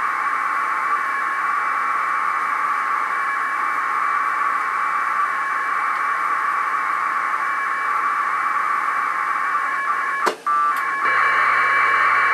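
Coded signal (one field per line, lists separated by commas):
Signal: packet radio (AX.25, as in APRS)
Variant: 1200 baud AFSK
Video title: HTTP over IP over AX.25 Packet Radio at 1200 Baud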